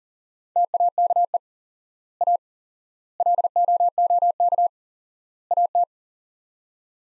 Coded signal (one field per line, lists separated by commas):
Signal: Morse code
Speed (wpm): 37 wpm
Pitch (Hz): 700 Hz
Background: none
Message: TAKE A LOOK AT